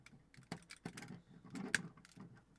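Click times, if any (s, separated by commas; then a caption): 1.8 s. A plastic upgrade-kit part is lined up and pressed into a Transformers action figure, with several soft plastic taps and rubs along the way. A sharp, loud snap at 1.8 s marks the part seating in place.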